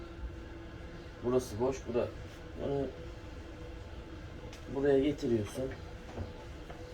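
A bird cage part is brought into place by hand toward a plastic connector while someone talks, with a steady low background hum. Nothing has seated or clicked yet; the part is still short of snapping into the connector.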